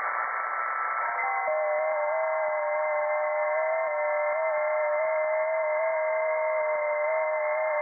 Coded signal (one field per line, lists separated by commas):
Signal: FT8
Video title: Digital Amateur Radio Mode FT8